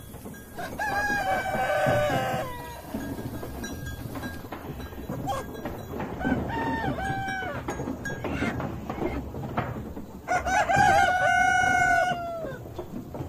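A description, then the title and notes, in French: Farm animals, with a rooster crowing near the start and again around ten seconds, plus clucking and scattered rustles over a low steady murmur. A la ferme avec ses animaux.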